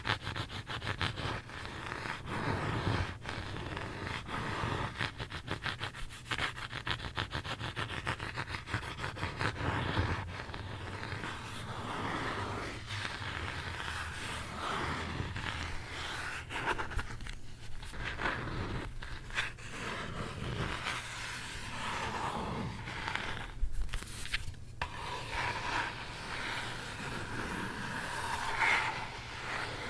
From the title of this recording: ASMR book scratching